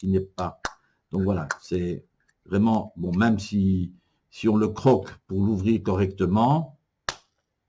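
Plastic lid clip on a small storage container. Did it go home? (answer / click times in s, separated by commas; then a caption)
yes / 7.1 s. Someone talks while working the plastic clip lid of a small storage container for diamond-painting drills. One sharp snap is heard at 7.1 s as the clip snaps shut, seating the lid so the drills won't spill if the box falls.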